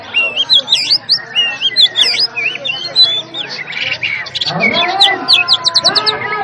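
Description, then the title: Oriental magpie-robin song: quick rising and falling whistled notes repeated in runs, then a dense chattering, buzzy passage with sharp high ticks. Master recording of a magpie-robin named Hercules, aggressive fighting song ('ngotot full tembakan': persistent, full of bursts), used for training cage birds. "Kacer Langsung Tarung Konslet KACER NGOTOT FULL TEMBAKAN. Suara Masteran Kacer Hercules"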